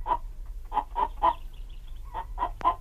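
A chicken clucks in short, clipped bursts, about seven in all, in two loose groups with a pause between, over a low steady hum.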